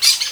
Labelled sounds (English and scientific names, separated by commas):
Brown-throated Parakeet (Eupsittula pertinax) contact call